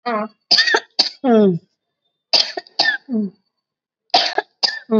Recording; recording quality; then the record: heavy voluntary cough; excellent, no background noise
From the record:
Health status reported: exposed to COVID-19, no respiratory illness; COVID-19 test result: negative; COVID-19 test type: RT-PCR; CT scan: taken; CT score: 15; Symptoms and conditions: breathing difficulty, fatigue, chronic lung disease, ischaemic heart disease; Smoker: no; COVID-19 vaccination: both doses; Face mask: worn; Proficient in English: yes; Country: India